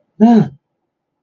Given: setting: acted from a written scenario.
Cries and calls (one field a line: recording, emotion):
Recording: vocal sound without words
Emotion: positive surprise